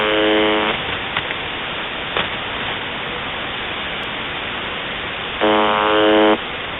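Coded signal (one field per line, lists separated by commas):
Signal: channel marker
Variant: UVB-76 (The Buzzer)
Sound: two harsh, low, rasping buzzes, each under a second, about five seconds apart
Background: radio static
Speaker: If you spend any time looking into internet mysteries, you know what this noise is. UVB-76, or the buzzer. It is a Russian military station that has been broadcasting this exact sound 24 hours a day since the late 1970s.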